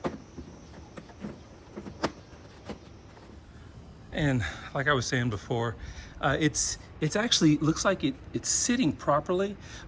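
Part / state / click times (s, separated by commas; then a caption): plastic rear diffuser into rear bumper clips / not seated / none. A piano-black plastic Ninte rear diffuser is pushed onto the rear bumper of a BMW F10 535i while the bumper is still on the car, with the top section pressed toward its clips. Sharp plastic knocks are heard at about 0.1, 1.0 and 2.1 seconds, then someone talks from about 4 seconds on. The diffuser looks like it sits properly, but its corner clips have not clicked into place.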